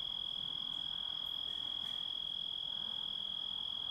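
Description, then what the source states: Grasshopper song heard as a constant thin high tone without pause, with a faint higher overtone and soft background noise. Composite of grasshopper sounds.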